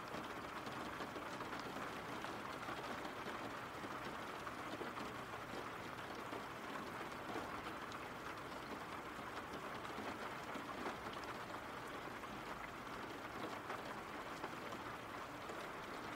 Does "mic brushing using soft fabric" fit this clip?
no